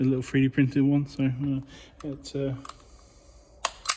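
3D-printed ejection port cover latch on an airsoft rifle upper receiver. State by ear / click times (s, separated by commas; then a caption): seated / 3.6 s. Someone talks, then a small 3D-printed latch holding the ejection port cover on an upgraded TM 416 Devgru NGRS AEG airsoft rifle's upper receiver is pushed closed. It clicks into place at 3.6 s with a sharp snap, followed by a fainter click at 3.9 s, and the latch is seated.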